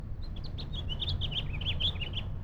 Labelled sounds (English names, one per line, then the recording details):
House Finch song
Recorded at Lynbrook on Long Island, New York, on 17 June 1975
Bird D